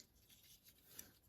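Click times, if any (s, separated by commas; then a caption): 1.0 s. Plastic side pieces on the legs of a transforming toy robot are rotated, making soft rubbing and scraping sounds, until they click into place with a short, sharp click at about 1.0 s. The pieces are seated.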